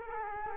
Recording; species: mosquito wingbeat signal from an infrared sensor; Culex quinquefasciatus